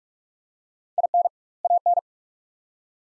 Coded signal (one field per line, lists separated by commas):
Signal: Morse code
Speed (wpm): 45 wpm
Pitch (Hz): 700 Hz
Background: none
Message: IN AN